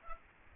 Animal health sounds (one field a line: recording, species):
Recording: mosquito wingbeat signal from an infrared sensor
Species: Aedes aegypti